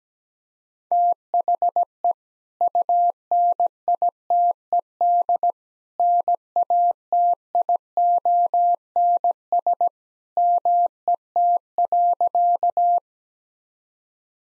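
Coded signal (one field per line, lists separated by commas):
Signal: Morse code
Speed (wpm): 17 wpm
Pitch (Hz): 700 Hz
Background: none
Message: THE UNITED NATIONS MET.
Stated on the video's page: Morse practice of sentences with common two-word phrases at 17 wpm; each sentence sent, then spoken, then sent again.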